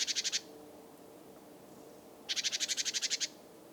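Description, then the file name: Great tit giving buzzy churring rattles: a short burst of about five pulses at the start, then a longer run of about thirteen rapid harsh pulses after a pause. "Parus major"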